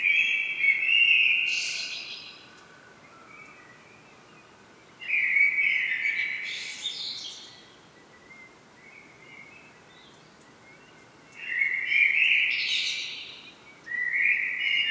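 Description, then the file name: Common blackbird delivering several rich fluty phrases separated by pauses, each finished with a higher squeaky twitter, with quiet background. "Turdus merula"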